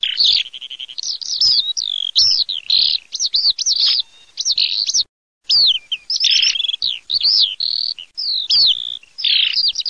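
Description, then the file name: Eurasian skylark song, a rapid stream of high chirps, trills and twittering notes with one brief pause midway. "ALLODOLACIP"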